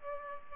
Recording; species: mosquito wingbeat signal from an infrared sensor; Aedes aegypti